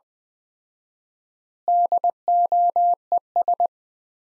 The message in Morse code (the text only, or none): DOES